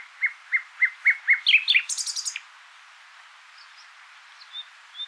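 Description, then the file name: Common nightingale song: a run of sharp repeated notes building into a fast buzzy trill, then silence broken by a few faint high whistles. "Luscinia megarhynchos"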